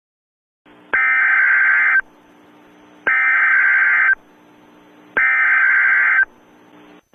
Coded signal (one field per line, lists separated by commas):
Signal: Emergency Alert System (SAME) tones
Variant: header bursts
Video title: eas